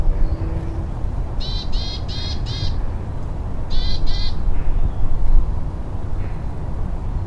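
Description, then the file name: Willow tit calls, a series of four nasal, buzzy harsh notes, a pause, then two more, over steady low rumbling background noise. Recorded at Marden Quarry on 28 September 2018. "Willow Tit Marden Quarry 280918"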